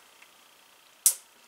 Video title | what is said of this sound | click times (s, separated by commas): My Model Railroad Episode 1 - Wiring and Soldering Feeder Wires | You're going to want to clip it over once till you hear the click, | 1.1 s